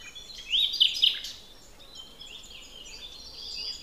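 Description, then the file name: Common nightingale gives one short, loud phrase of pure whistled notes near the start, followed by softer, thinner notes. "Luscinia megarhynchos"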